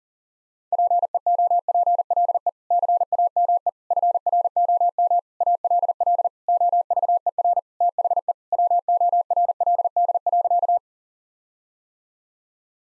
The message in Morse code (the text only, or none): PEOPLE CAME FROM ALL OVER THE WORLD.